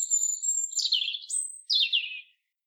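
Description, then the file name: European robin song with a sustained thin high whistle, sliding warbles dipping lower, another high note and a closing tumbling phrase. "Erithacus rubecula"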